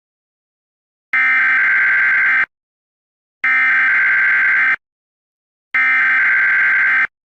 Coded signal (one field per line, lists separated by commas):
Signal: Emergency Alert System (SAME) tones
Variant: header bursts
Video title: EAS Scenario #4: Elmo The Killer (ReUpload)